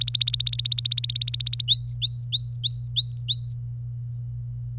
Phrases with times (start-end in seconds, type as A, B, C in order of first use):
0.00-1.63 A, 1.68-3.54 B, 4.78-4.79 C